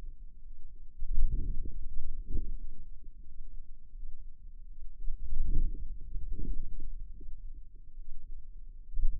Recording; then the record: forearm muscle sounds (acoustic myography)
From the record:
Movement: hand closing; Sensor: system 2, bracelet of six BSWA MPA416 microphones around the upper forearm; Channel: 4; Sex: female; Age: 23 years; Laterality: right